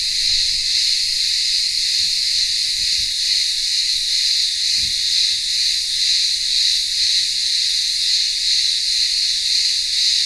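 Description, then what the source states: Cicadas sing a constant high-pitched drone throughout. Cicadas in a town square of a remote Greek village on Ikaria island, Greece, during midday heat.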